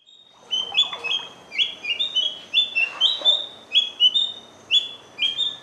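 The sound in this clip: Large-billed scrubwren repeating high, bright chirping notes in quick pairs and runs, over a soft background hiss.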